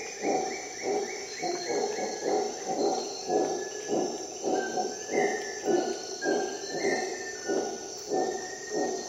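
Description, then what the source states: Howler monkey grunting roar, deep rhythmic pulses about twice a second, with a descending stepped bird call at the start and steady insect hum. Recorded at dawn in the jungle of Costa Rica during an expedition.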